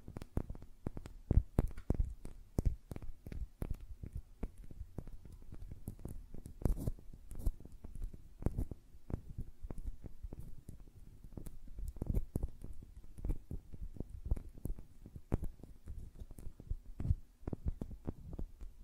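Fingers tap and flutter on nails in quick, irregular bursts of soft clicks and thuds, the taps dense and uneven throughout. Each tap carries a dull low thump with a crisp top, and a faint steady hum sits underneath.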